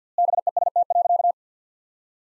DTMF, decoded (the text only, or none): none